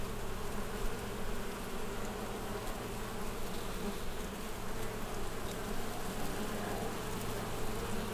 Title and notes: Haydnstraße 1, 76744 Wörth am Rhein, Deutschland - Wespen in den Weinranken. Wasps in the blossoms of the wild vine